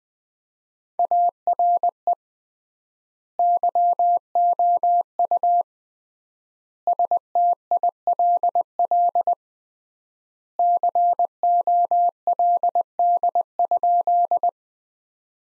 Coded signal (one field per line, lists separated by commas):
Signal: Morse code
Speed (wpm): 20 wpm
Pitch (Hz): 700 Hz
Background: none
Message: ARE YOU STILL COLD?